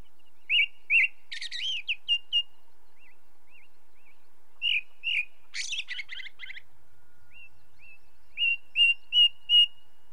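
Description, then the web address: Ring ouzel song: bouts of a few piping whistled notes, broken by scratchy chattering bursts, with short pauses between phrases. Song recorded in the British Isles. "Sound Effects Library (British Birds) Ring Ouzel song, with song of second bird, red grouse and cuckoo in background"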